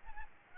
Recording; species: mosquito wingbeat signal from an infrared sensor; Aedes albopictus